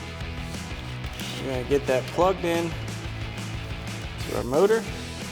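A wiring harness plug for Amp Research PowerStep running boards, run under a 2019-2024 6.4L RAM 2500, is handled at the power step motor connector while someone talks over background music. Nothing has seated or clicked yet; the clip ends before the plug snaps into the motor and before the locking tab is engaged.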